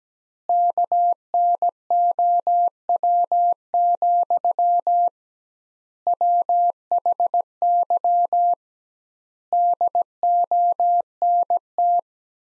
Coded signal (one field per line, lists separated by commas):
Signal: Morse code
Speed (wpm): 17 wpm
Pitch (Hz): 700 Hz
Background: none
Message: KNOW, WHY DONT